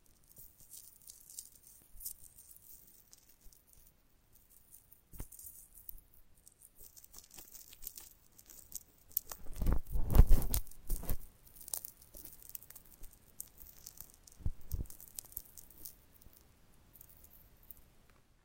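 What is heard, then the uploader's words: Ultra-fine ear touch: soft, close-miked brushing and crackling with fine, bright detail, quiet at first with scattered light taps. Around ten seconds a denser burst of rubbing and tapping builds, then eases into intermittent scratchy touches with a firmer tap near fifteen seconds. Ultra-fine ear touch, immersive experience.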